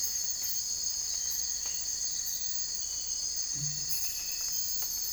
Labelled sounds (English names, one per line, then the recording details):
none
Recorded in dense forest near Puerto Asís, Putumayo, Colombia, on 21 December 2024 at 04:00
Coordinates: 0.484, -76.317
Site G026